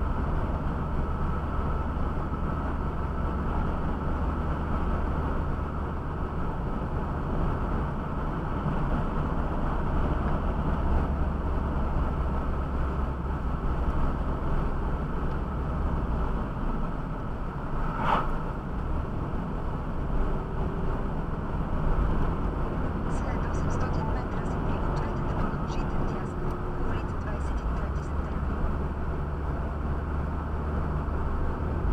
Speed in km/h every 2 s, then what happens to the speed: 70, 70, 70, 71, 71, 67, 63, 62, 59, 58, 61, 64, 67, 68, 68, 71.
0-8 steady at about 70. 8-18 slows to 58. 18-32 speeds up to 71.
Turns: none.